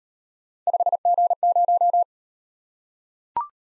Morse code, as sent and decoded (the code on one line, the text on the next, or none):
..... --. -----
5G0